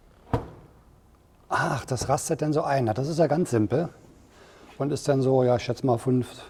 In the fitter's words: Es wird einfach nach oben gezogen und rastet ein dann ist das